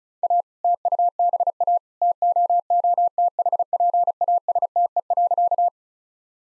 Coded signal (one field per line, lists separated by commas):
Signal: Morse code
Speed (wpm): 34 wpm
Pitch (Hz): 700 Hz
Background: none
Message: A TUBA TOOTHPASTE.